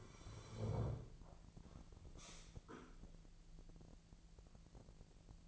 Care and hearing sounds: daily activity, microphone in the room; sit down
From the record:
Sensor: 5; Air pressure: 1001.9 hPa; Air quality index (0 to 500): 246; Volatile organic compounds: 30 ppm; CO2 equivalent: 2948 ppm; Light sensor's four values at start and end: 44/106/44/48 and 45/106/44/48

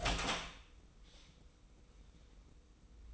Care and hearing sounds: daily activity, microphone in the room; open door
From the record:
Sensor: 1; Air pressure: 990.4 hPa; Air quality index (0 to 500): 153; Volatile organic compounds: 1000 ppm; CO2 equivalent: 5539 ppm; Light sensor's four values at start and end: 33/75/33/35 and 33/75/32/35

